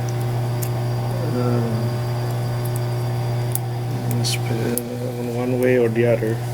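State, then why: Not seated. A metal retaining clip is handled and pushed over two ferrite transformer core halves on a bobbin while someone talks over a steady low hum. Brief sharp ticks and taps are heard as the clip is worked, but it has not snapped home and nothing has seated yet.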